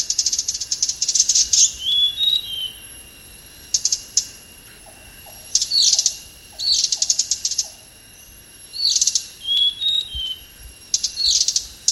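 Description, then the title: Hanging parrot calling: repeated bursts of high, scratchy chirps every second or two, with brief thin whistles, against a constant high-pitched insect drone. "SERINDIT"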